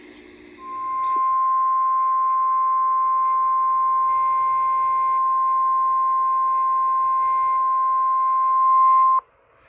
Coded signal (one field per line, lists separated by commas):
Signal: Emergency Alert System (SAME) tones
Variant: 1050 Hz attention tone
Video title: Mid-Summer Marathon Pt. 1 - EAS Alerts from 7/9/25 || EAS 1,933-1,970